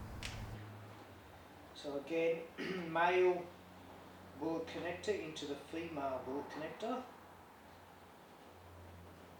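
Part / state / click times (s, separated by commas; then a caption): male bullet connector into female bullet connector of motorcycle blinker wiring / not seated / none. A male bullet connector on an LED blinker lead is pushed into the original female bullet connector of a Suzuki DRZ400E motorcycle's blinker wiring while someone talks. A brief sharp tap sounds at 0.3 s over low hum, but the connector has not clicked or seated yet, so it will need to be taped up.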